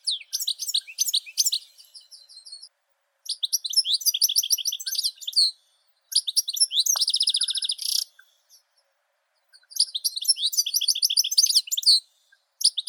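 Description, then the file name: European goldfinch song in several twittering phrases of bright notes and buzzy trills, separated by short silences. "Golosa ptic - CSHegol Carduelis carduelis"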